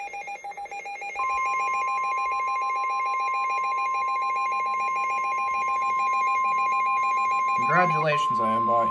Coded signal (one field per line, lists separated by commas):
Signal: Emergency Alert System (SAME) tones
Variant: 1050 Hz attention tone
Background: speech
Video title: A 5% Flop - EAS Alerts from 5/30/25 || EAS 1,808-1,822